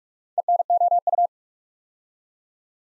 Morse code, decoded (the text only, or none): ENOU